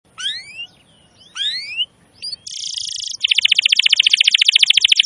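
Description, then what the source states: Canary song opening with a few rising whistled slurs, then a harsh buzz and a loud, fast, evenly pulsed trill. Used as a lure recording for birds.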